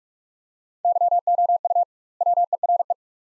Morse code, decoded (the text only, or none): YOU WERE